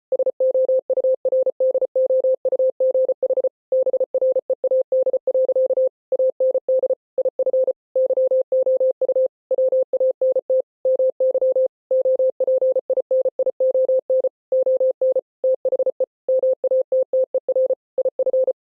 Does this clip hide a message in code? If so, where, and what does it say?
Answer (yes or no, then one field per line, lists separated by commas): yes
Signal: Morse code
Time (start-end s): 0.1-18.5 s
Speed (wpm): 33 wpm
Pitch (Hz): 520 Hz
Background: none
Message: SOURDOUGH BREAD. AND IF YOU WANT MY OPINION ON THE MATTER IF